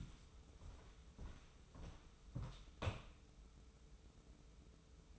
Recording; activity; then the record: daily activity, microphone in the room; walk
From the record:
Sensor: 1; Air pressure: 994.4 hPa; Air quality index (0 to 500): 218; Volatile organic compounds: 1000 ppm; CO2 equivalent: 7814 ppm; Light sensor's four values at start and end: 88/192/86/89 and 91/200/89/92